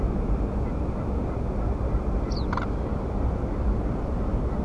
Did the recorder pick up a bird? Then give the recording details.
yes. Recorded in France